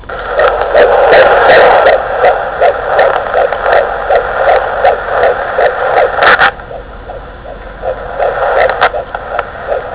Baby Heart Beat.